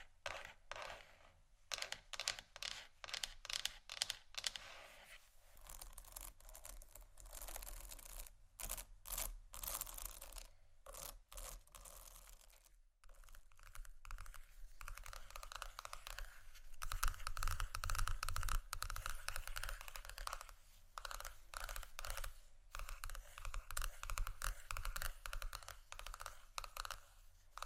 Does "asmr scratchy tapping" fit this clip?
yes